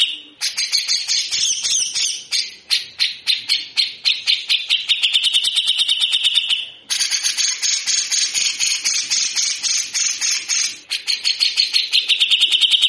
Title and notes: MASTERAN CUCAK JENGGOT GACOR FULL BESETAN KASAR DURASI PANJANG. MASTERAN CUCAK JENGGOT GACOR BESETAN KASAR DURASI RAPAT. Burung cucak jenggot